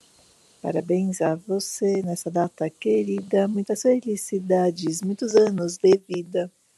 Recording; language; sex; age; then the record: short text; Brazilian Portuguese; female; 40 to 49 years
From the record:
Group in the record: control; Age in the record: 49 years